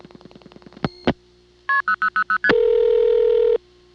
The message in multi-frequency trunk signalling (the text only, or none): KP0000ST